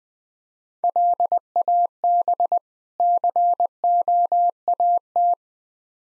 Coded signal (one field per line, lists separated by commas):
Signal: Morse code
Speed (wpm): 20 wpm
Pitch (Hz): 700 Hz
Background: none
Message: LAB COAT